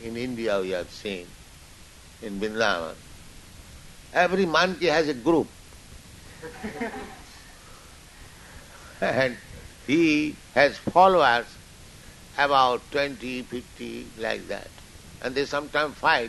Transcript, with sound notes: In India we have seen, in Vṛndāvana. Every monkey has a group, [laughter] and he has followers, about twenty, fifty, like that, and they sometimes fight.